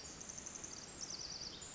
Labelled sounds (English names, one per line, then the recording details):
Pacific Wren
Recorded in Sonoma County, California